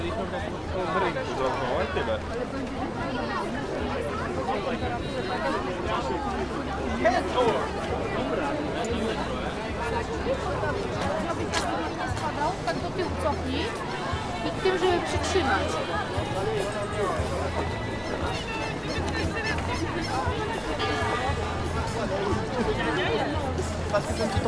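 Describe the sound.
A dense crowd murmurs at a Christmas market, many voices overlapping into a steady babble with no single speaker standing out. The level stays even throughout, with brief voices surfacing now and then, over a low pulsing hum in the background.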